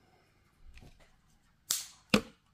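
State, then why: Seated. An aluminium handle scale is pressed onto a 111 mm pocket knife frame over its pins. After some soft handling noise, two sharp, loud clicks at 1.7 s and 2.1 s mark the scale snapping into place, and it is seated.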